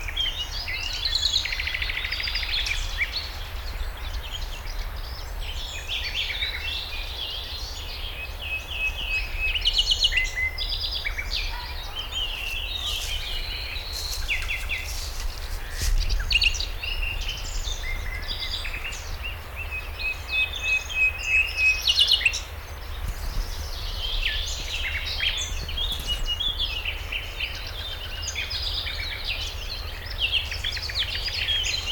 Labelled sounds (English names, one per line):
Garden Warbler